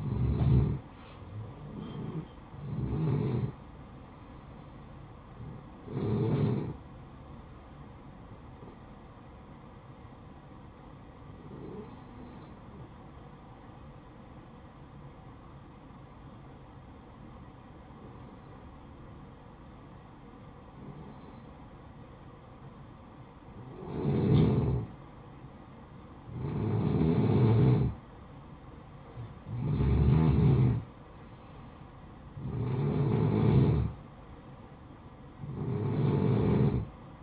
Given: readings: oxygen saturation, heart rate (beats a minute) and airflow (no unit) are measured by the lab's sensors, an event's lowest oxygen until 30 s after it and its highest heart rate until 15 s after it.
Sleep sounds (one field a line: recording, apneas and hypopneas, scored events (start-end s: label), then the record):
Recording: breathing in sleep by a smartphone at the bedside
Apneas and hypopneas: 1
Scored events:
9.00-27.10 s: hypopnea (N1, oxygen 93% highest, then 90% lowest, heart rate 64 at the start, 64 highest)
12.00-37.23 s: new sleep stage, N2 (light sleep)
From the record:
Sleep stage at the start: N1 (lightest sleep)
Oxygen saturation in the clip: 87 to 94%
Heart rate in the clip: 55 to 64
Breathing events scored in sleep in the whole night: 573 in 9.8 hours asleep